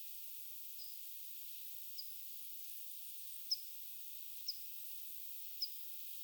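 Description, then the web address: Pipit giving short, sharp, high-pitched call notes, five in a row at uneven gaps of about a second, over constant background hiss. Recorded 25 July 2026; the recordist wonders whether it is the same pipit species as the one heard the day before. "paivat 25 7 2026 onko sama kirvislaji kuin mika oli eilen"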